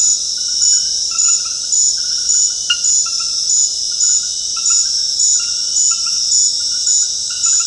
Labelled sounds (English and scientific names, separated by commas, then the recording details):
none
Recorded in dense forest near Puerto Asís, Putumayo, Colombia, on 21 February 2024 at 23:00
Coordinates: 0.485, -76.325
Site G6429